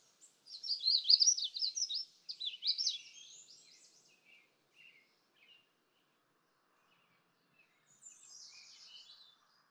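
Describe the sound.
Magnolia warbler song: a bright, high warbled phrase followed by a shorter one, a few soft notes, and a faint phrase near the end.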